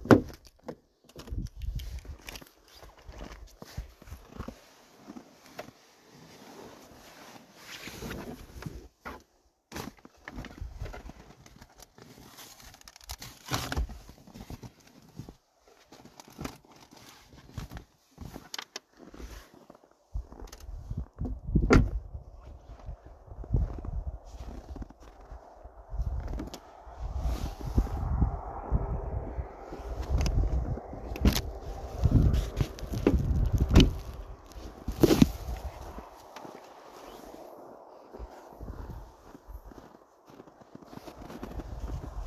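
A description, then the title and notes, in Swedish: Crunching footsteps in snow with sharp clicks, then from about twenty seconds a car's low rumbling engine builds, broken by occasional loud knocks. ASMR A drive to work. Bilstart, steg i snö, biltur.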